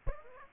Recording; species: mosquito wingbeat signal from an infrared sensor; Aedes aegypti